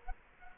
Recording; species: mosquito wingbeat signal from an infrared sensor; Culex quinquefasciatus